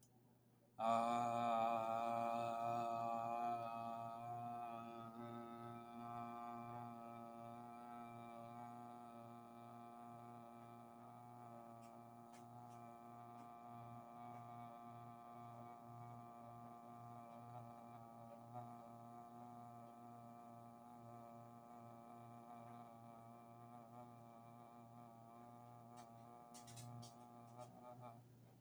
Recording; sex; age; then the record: vowel held as long as possible; male; 20 to 29 years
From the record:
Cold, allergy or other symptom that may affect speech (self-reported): no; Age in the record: 20 years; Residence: Indiana, United States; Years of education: 15